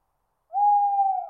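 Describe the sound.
Tawny owl giving a single steady, drawn-out hoot that holds one pitch before fading at the end.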